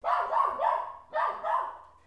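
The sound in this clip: Dog barking: two groups of harsh, mid-pitched barks, each group a quick pair or triple of woofs, separated by a short pause.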